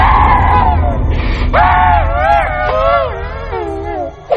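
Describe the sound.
A woman wails and sobs in anguish, her voice rising and falling in long, quavering high-pitched cries over a low rumbling background.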